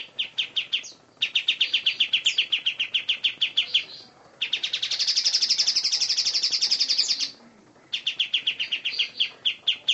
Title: Kicau Kacer